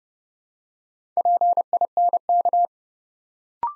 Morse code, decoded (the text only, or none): PINK